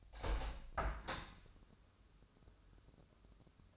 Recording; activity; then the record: daily activity, microphone in the room; open window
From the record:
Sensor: 2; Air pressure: 1014.8 hPa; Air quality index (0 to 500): 28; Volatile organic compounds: 1 ppm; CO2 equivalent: 520 ppm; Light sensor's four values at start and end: 8/19/8/8 and 8/19/8/8